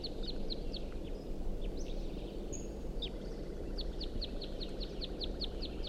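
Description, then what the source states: Red Crossbill flight calls: many sharp, downslurred kip notes in quick, loose series over steady low rumbling background noise. Type 2; several birds visible at 6:17, some singing and giving flight calls; a male perched atop a ponderosa pine beside a road.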